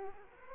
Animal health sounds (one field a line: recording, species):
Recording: mosquito wingbeat signal from an infrared sensor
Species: Culex quinquefasciatus